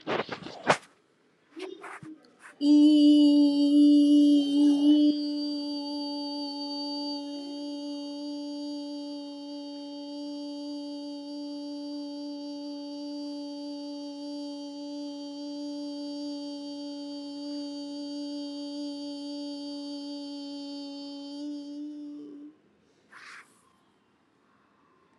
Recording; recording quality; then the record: sustained vowel as in beet; excellent, no background noise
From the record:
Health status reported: exposed to COVID-19, no respiratory illness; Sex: female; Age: 38 years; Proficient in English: yes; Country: India